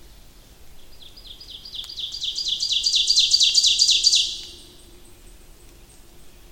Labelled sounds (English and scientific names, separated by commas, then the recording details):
Ovenbird (Seiurus aurocapilla) song
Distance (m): 10 m
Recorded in boreal forest in Alberta, Canada, on 28 May 2016 at 06:39
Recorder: SongMeter 3, array SBT-3-49
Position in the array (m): 38 m, 187 m
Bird 15